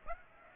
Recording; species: mosquito wingbeat signal from an infrared sensor; Aedes aegypti